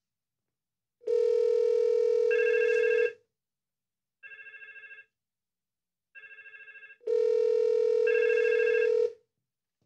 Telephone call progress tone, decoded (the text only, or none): ringback tone